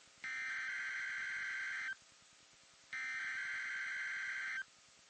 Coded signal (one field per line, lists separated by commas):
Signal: Emergency Alert System (SAME) tones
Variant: header bursts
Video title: Online EAS #13 | ALY Snow Squall Warning | WXL34